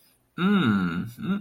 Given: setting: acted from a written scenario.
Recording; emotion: vocal sound without words; desire